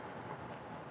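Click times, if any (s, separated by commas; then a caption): none. A LockNLube quick-connect grease coupler, loosened half a turn so its three metal jaws can expand, is being handled and pushed firmly toward a Zerk grease fitting. Only a steady, broadband rumbling hiss is heard, with no sharp transients. Nothing has seated or clicked yet.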